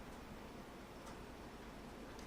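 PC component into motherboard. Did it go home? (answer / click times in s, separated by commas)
no / none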